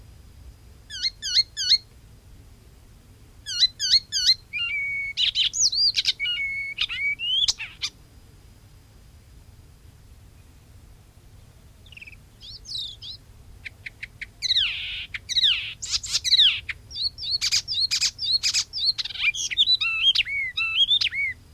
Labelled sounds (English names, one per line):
Icterine Warbler song